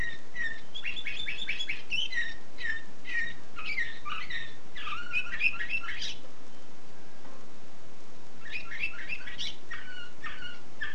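Canary song: dense, varied rolling trills and chirps for several seconds, a pause, then another burst of fast repeated notes over background hiss.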